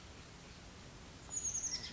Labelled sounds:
Chestnut-backed Chickadee
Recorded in Sonoma County, California

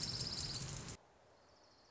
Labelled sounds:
Orange-crowned Warbler
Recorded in Sonoma County, California

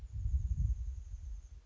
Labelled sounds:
Chestnut-backed Chickadee
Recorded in Sonoma County, California

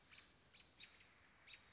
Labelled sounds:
American Robin
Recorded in Sonoma County, California

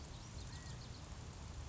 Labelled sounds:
California Quail
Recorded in Sonoma County, California

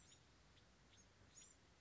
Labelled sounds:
Bewick's Wren
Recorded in Sonoma County, California

